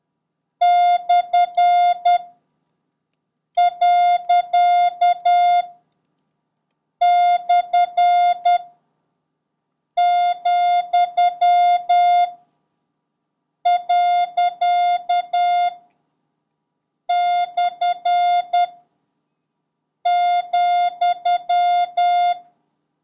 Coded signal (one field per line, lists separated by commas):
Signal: Morse code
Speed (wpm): 10 wpm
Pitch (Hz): 710 Hz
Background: none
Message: / . / , . / ,